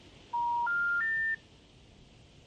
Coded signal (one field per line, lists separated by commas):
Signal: telephone call progress tone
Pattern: special information tone